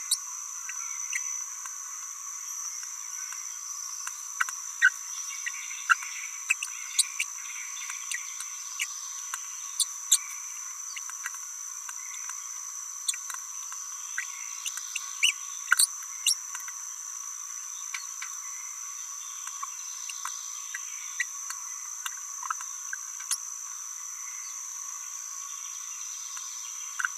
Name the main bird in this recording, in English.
Green-rumped Parrotlet